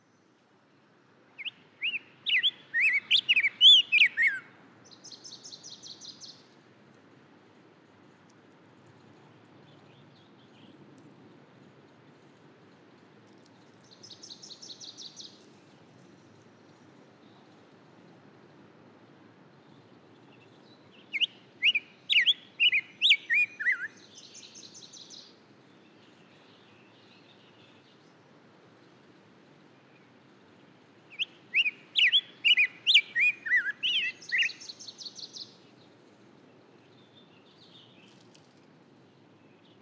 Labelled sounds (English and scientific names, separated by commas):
Black-headed Grosbeak (Pheucticus melanocephalus) song